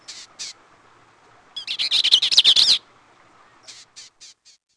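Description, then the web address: Bell's Vireo giving a few harsh, scratchy notes, then a fast, jumbled, buzzy warble lasting about a second, followed by more short rasping notes. "Peterson North American Birds"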